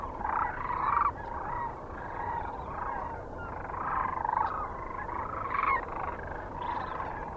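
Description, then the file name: Sandhill cranes in a steady chorus of overlapping rolling, gargling calls, swelling and fading in waves. Kearney, Nebraska, on 9 March 2004. "2004-03-09 SACRandmore C Kearney NE"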